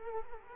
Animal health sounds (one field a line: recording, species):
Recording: mosquito wingbeat signal from an infrared sensor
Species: Culex quinquefasciatus